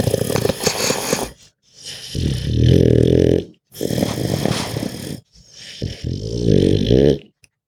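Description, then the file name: Pug grunting and snarling in breathy bursts, rough noisy exhalations alternating with low rumbling growls, separated by short silent pauses. "Pug Dog Grunts Breaths Snarls"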